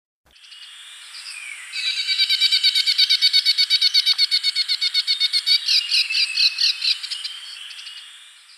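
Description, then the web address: Grass-green tanager giving a long, fast chatter of clipped notes, building in strength and running steadily for around six seconds before fading. Recorded in Ecuador. "Birds of Ecuador. Grass-green Tanager"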